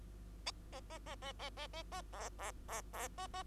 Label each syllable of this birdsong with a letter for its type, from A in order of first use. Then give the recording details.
A A A A A A A A B B B B A A. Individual Bird2